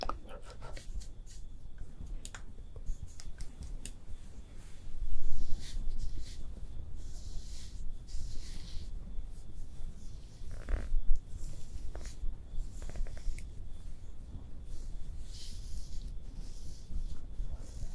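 Makeup being applied without talking: soft brushing and tapping, scattered crisp clicks and light scrapes, with a louder rustling burst near five seconds.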